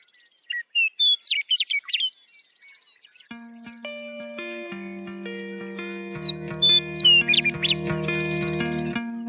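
Western Meadowlark song: a burst of clear whistled notes, then steady sustained music tones come in, with a second whistled phrase over the music.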